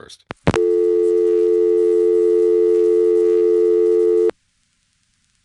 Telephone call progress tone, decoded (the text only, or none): dial tone